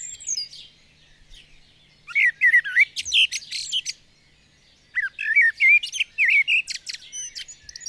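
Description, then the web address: Bird song in two separate phrases of twittering, warbled notes and sharp chips, with a brief high whistle at the very start. "madarak enek"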